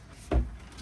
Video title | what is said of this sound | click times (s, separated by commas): CAVans Enhanced Winnebago Revel 4x4 | and then when you're not using it all you do is you just slide it right back in and it locks into place okay | 0.3 s